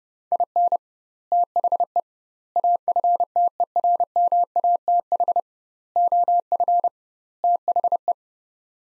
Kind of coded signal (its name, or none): Morse code